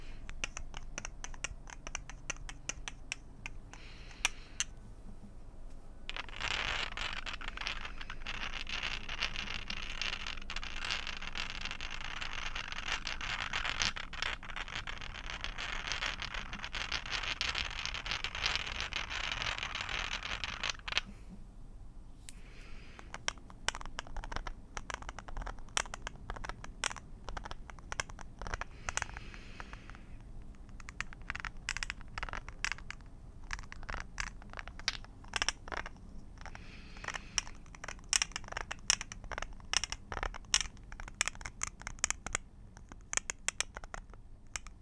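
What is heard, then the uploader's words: Rummaging through a bag of small objects, with a steady stream of quick clicks and light knocks. From about 6 to 21 seconds a dense, bright rustling hiss covers everything, then gives way to scattered clattering taps that come in uneven bursts through the end. Mainly glass and metals. Rummaging through a bag of nail polish. Gathering up a handful of marbles.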